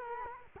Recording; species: mosquito wingbeat signal from an infrared sensor; Culex quinquefasciatus